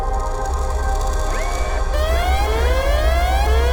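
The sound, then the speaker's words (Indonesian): An emergency alarm wails steadily, its pitch sweeping up in repeated rising tones over a constant low rumble, loud and continuous with no voices. “Penggerak kecemasan berbunyi.”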